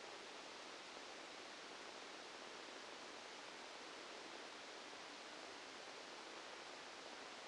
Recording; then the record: brain microelectrode recording played as sound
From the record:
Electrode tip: outside the subthalamic nucleus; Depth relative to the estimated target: -10 mm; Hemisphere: right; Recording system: NeuroSet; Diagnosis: Parkinson's disease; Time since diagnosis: 8 years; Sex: male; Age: 65 years